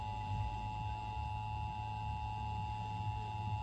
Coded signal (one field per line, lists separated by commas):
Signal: Emergency Alert System (SAME) tones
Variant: 853 and 960 Hz attention tone